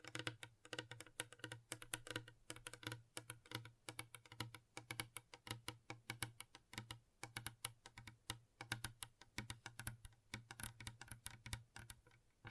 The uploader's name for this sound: ASMR Gentle Tapping